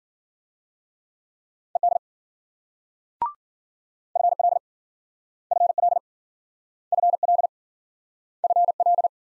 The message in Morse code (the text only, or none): ED FL FL FL FL